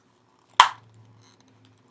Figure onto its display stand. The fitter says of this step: now so I heard the snap this time so maybe I can get the herd